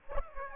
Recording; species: mosquito wingbeat signal from an infrared sensor; Aedes aegypti